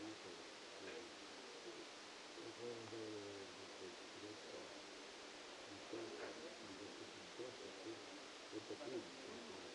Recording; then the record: brain microelectrode recording played as sound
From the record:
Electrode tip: outside the subthalamic nucleus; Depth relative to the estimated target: 7 mm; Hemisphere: left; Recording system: NeuroSet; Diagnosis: Parkinson's disease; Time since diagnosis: 8 years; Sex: male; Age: 65 years